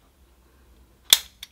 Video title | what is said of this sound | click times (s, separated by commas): Blodsukkermåling | den siger Klik | 1.1 s